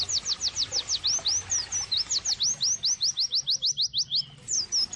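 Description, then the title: White-eye song: a rapid, continuous run of high, thin, sweeping whistles, mostly falling slurs repeated several times a second, with a few twittery notes near the end. Pleci singing actively (gacor), used as therapy and bird-training (masteran) audio. "Pleci Gacor. terapi pleci dextro 87 plus masteran kenari sahdu OmAcuz Dextro87 channel"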